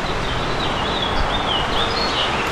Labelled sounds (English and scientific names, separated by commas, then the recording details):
House Finch (Haemorhous mexicanus) song
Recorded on Long Island, New York, on 15 June 2012
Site WI
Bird A